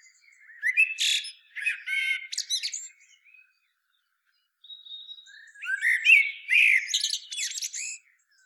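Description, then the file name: Common blackbird giving two bursts of warbling with scratchy high twittering, separated by a quiet pause of about a second. "Turdus merula"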